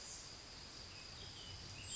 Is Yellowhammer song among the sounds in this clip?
no